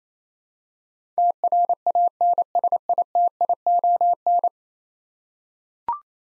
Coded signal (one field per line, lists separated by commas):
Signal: Morse code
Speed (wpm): 28 wpm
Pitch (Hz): 700 Hz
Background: none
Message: TRANSITION